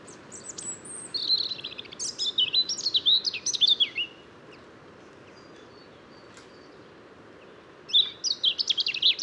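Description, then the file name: European robin singing a high, varied warbling phrase of slurred whistles and quick trills, then a few seconds of quiet before another short, sharp burst begins. "Erithacus rubecula"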